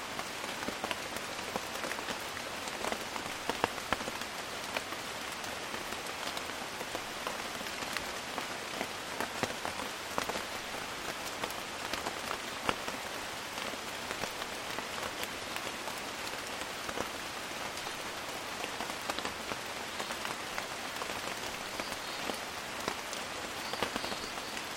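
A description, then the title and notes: Steady rain falls in the Amazon, a dense, even hiss of drops with countless small sharp taps scattered throughout. The sound stays bright with little low rumble, and its level holds constant from start to finish. Calm Rain in the Amazon.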